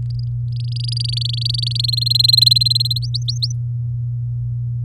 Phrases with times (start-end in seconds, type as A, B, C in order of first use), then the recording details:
0.52-1.77 A, 1.79-2.99 B, 3.02-3.52 C. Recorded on 8 May 2018 at 16:59. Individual llb16